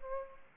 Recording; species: mosquito wingbeat signal from an infrared sensor; Aedes aegypti